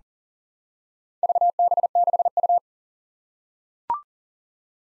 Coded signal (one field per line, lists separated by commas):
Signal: Morse code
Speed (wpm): 40 wpm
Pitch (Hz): 700 Hz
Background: none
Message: VB6U